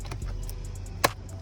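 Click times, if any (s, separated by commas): 1.0 s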